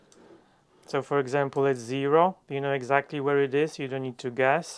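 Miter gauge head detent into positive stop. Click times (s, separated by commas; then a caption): 0.1 s. A metal miter gauge head is swung until its spring detent drops into the positive stop at an angle setting, giving a faint click at 0.1 s. Someone then talks. The detent seats in the positive stop.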